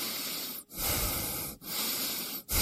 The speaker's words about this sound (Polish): Proszę oddychać.